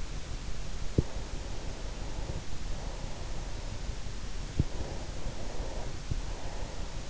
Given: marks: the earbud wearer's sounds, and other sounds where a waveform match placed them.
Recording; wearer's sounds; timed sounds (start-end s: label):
sounds in sleep by an in-ear microphone; breath
0.87-3.85 s: breath
4.77-7.04 s: breath